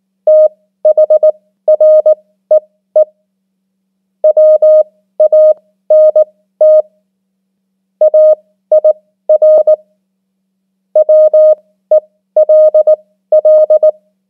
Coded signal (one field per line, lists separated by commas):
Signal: Morse code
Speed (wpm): 19 wpm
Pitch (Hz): 620 Hz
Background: none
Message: THREE WANT AIR WELL